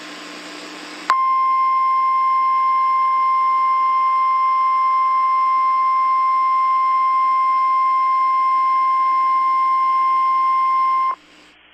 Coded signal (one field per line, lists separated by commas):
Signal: Emergency Alert System (SAME) tones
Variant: 1050 Hz attention tone